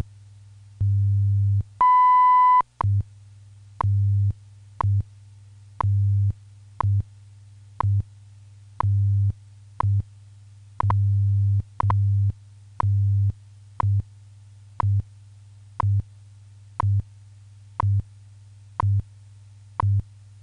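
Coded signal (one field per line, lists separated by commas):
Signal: radio time signal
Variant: WWV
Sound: low hum pulsing in short and long bursts, ticks each second, one long 1 kHz beep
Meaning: The 0.8-second 1 kHz tone marks the start of a new minute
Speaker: tone 19 hours 3 minutes coordinated Universal Time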